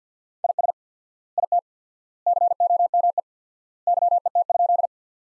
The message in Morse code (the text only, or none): IS IT COME YET?